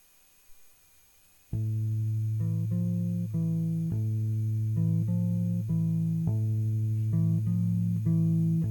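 After a second and a half of near silence, a recorded song starts: loud, sustained reedy chords shifting steadily about once a second, with no voices yet.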